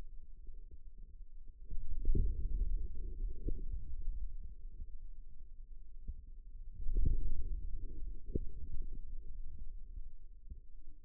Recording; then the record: forearm muscle sounds (acoustic myography)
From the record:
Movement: inward rotation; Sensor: system 2, bracelet of six BSWA MPA416 microphones around the upper forearm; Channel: 3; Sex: male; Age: 22 years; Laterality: right